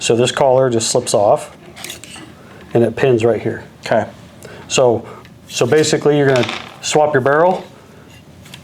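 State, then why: Seated. Someone talks while swapping the steel barrel on a Seekins Precision bolt-action rifle: the collar slips off and pins in place, and brief metallic clinks are heard around 1.8 and 2.0 seconds. The barrel is hand-tightened into the action and snaps into place with a sharp click at 8.5 seconds.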